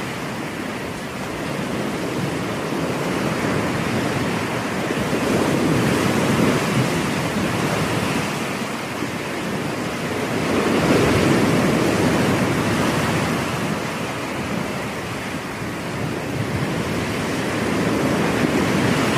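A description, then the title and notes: Ocean surf rolls in a steady, dense wash of noise, swelling and easing in slow waves that crest around six, eleven and eighteen seconds. The sound is full and fairly close, with a soft low rumble under the hiss and a hint of wind. Ocean Sounds.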